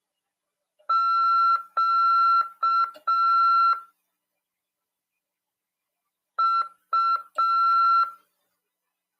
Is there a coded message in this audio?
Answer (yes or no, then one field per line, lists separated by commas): yes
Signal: Morse code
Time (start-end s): 0.9-8.0 s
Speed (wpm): 6 wpm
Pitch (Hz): 1350 Hz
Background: none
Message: QU